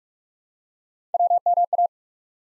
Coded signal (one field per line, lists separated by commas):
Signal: Morse code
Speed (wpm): 44 wpm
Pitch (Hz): 700 Hz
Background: none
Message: WMA